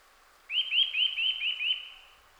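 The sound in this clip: Eurasian nuthatch with one brisk string of six rising whistled notes, steady in pitch and spacing, then fading out.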